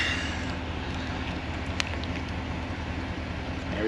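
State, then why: Seated. The cleaned main wiring harness plug on a lawn mower engine is pushed by hand into its mating connector over a steady low rumble, and it clicks into place at 1.8 s. The plug is seated and the wires look solid.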